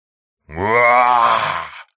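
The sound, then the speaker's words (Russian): A single low, guttural growl voiced from the throat, like a monster's snarl, imitated by a human voice as a monster answering its opponent. It holds steady and rough for over a second, then cuts off. “Ответил противник горловым звуком, похожим на рычание.”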